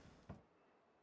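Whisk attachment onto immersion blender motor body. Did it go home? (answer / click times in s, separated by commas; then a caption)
no / none. A whisk attachment is handled against the motor body of a Vitamix immersion blender as it is twisted on, with low rustling handling noise and a brief soft bump at about 0.3 s before the sound fades to quiet. The whisk has not yet snapped into place, and nothing has seated or clicked.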